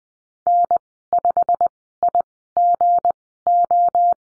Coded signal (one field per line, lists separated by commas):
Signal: Morse code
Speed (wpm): 20 wpm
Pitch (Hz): 700 Hz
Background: none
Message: N5IGO